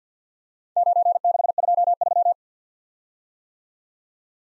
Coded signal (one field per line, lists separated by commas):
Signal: Morse code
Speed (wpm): 48 wpm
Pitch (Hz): 700 Hz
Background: none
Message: 9623